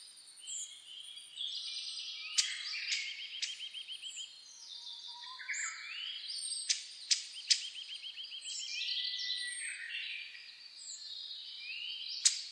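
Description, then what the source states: Birds in a busy dawn chorus: rapid trills, rising whistles and chirps overlap, punctuated by several sharp clicking ticks. Dawn chorus (reimei) of birdsong (saezuri), recorded 10 May 2010 at 04:01.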